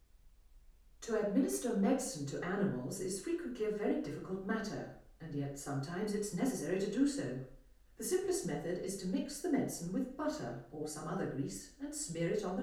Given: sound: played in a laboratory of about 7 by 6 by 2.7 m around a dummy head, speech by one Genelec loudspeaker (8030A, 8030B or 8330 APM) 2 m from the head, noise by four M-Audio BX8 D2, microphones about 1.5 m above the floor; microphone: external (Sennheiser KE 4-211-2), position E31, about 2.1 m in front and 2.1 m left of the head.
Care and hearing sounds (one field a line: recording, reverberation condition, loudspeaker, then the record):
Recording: female speech in English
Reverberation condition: medium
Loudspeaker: 90 degrees to the right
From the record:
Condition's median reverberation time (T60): about 510 ms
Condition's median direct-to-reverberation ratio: about -0.5 dB